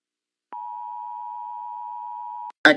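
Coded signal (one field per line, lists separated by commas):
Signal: Emergency Alert System (SAME) tones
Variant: 853 and 960 Hz attention tone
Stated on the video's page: Fictional EAS scenario.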